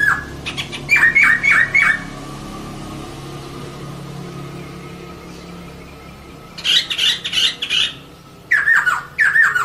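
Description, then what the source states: Laughingthrush song: a quick series of whistled notes and squawky chatter, a long pause, then more harsh bursts and descending whistles. Long rolling song (ngeroll panjang); recording meant for training cage birds.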